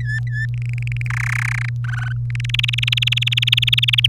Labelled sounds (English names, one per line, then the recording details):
Domestic Canary song
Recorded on 30 April 2018 at 14:41
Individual llb3